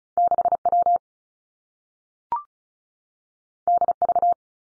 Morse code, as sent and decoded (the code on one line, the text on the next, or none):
-.... / .-- / -.. / ...-
6 W D V